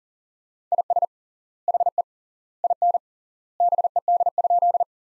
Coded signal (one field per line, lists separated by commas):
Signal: Morse code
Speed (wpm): 40 wpm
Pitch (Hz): 700 Hz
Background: none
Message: IS HE IN BED?